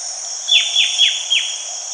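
Bird calls, four quick high notes that each drop steeply in pitch, spaced about a quarter second apart, over constant high hiss.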